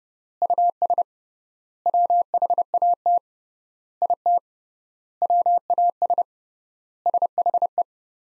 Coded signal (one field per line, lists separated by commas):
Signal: Morse code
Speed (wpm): 30 wpm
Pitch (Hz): 700 Hz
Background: none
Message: US WHAT IT WAS SHE